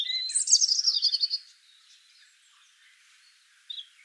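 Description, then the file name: European robin song: a single rapid, high jumbled trill of about one and a half seconds, then quiet, ending with one short high note. "Erithacus rubecula"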